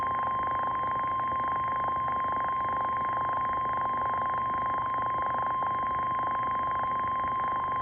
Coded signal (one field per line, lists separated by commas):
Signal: Emergency Alert System (SAME) tones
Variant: 1050 Hz attention tone